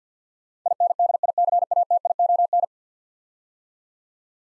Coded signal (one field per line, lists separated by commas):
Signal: Morse code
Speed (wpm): 52 wpm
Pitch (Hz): 700 Hz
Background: none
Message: INDICATION